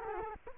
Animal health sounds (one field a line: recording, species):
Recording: mosquito wingbeat signal from an infrared sensor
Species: Culex quinquefasciatus